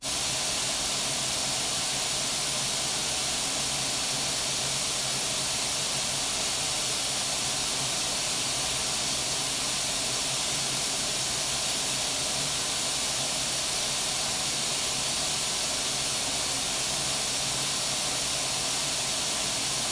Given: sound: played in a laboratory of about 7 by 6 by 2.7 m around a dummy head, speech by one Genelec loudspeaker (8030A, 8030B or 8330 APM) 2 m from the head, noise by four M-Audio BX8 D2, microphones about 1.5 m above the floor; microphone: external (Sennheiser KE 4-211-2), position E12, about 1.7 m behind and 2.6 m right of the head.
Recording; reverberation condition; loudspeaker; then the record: white noise; medium; four, about 170 cm from the corners of the room and facing them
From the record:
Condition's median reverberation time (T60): about 510 ms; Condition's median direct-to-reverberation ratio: about -0.5 dB